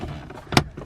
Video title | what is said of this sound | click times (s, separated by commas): CIDAVA TESLA STYLE 13” TOUCHSCREEN FOR 2014-2018 CHEVY SILVERADO/GMC SIERRA ANDROID | and it'll just snap right in. Open that up, | 0.6 s